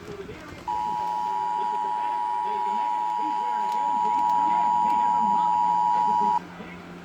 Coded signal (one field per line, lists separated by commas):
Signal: Emergency Alert System (SAME) tones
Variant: 853 and 960 Hz attention tone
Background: speech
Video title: 2 Minutes Of EAS Alarm